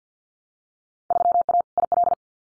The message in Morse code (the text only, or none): 3A IL